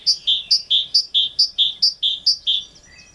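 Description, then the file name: Great tit calling in a brisk, regular series of paired notes, each high note followed by a lower one, about six pairs before stopping. "Parus major"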